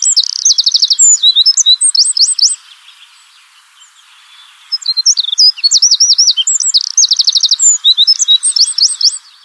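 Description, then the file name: Eurasian wren song, loud rapid high-pitched phrases mixing whistled notes and fast buzzy trills, two long bursts separated by a pause of about two and a half seconds. "zaunkoenig"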